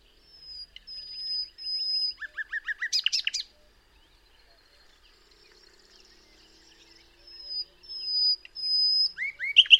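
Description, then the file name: Common nightingale song with long, steady high whistles leading into a fast run of repeated notes, a pause, then more drawn-out whistles and a sharp closing burst. "Luscinia megarhynchos"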